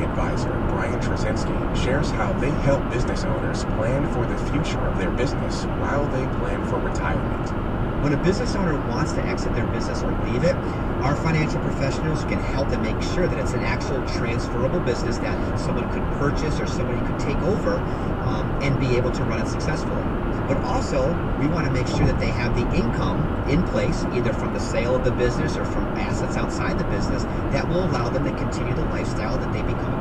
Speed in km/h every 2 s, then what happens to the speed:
114, 114, 114, 113, 111, 111, 111, 111, 111, 113, 114, 116, 113, 113, 111.
0-22 steady at about 113.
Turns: none.